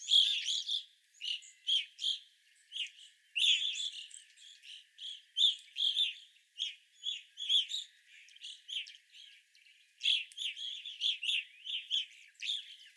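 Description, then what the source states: Evening grosbeak flock, a busy stream of short bright chirps, overlapping from several birds. Several evening grosbeaks, recorded 25 April 2021.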